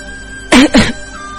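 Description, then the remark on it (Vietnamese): Two quick, harsh coughs in succession from a person who has choked on tea, loud and abrupt, with a rough voiced edge, over faint background hiss and no talking. “Triển Chiêu bị sặc nước trà ho khan, cũng đúng lúc Bạch Ngọc Đường ở cách vách cũng bị sặc nước trà mà ho khan.”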